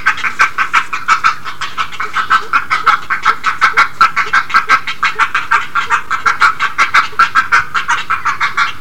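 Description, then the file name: Great egret giving a quick series of croaking, clucking pulses that continues steadily throughout. "kotuku"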